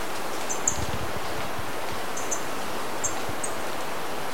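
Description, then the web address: Golden-winged manakin calling with short, sharp, very high-pitched notes, some doubled, repeated at irregular intervals against constant leafy background noise. Recorded in Ecuador. "Birds of Ecuador. Golden-winged Manakin"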